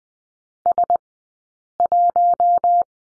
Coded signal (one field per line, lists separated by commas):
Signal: Morse code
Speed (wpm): 19 wpm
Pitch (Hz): 700 Hz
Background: none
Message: S 1